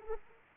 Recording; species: mosquito wingbeat signal from an infrared sensor; Anopheles arabiensis